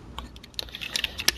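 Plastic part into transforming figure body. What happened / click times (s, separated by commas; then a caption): The plastic part snapped into place / 1.3 s. A plastic part of a Grapple transforming figure (Transformers: Reveal the Shield) is moved out and then pushed back into the figure's body. Light clicking and tapping of plastic leads up to a sharp snap at 1.3 s, and the part seats in place.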